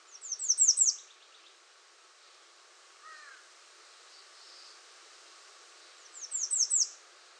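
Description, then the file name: American redstart song, two bursts of high, quickly repeated slurred notes at start and end, with a short lower call from another bird in the middle. Recorded 21 June 2019. "2019-06-21 American Redstart"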